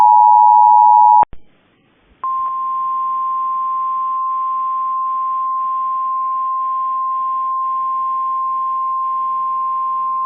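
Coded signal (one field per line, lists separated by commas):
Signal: Emergency Alert System (SAME) tones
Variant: 853 and 960 Hz attention tone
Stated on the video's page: Severe Thunderstorm Watch alert carried on Cox cable.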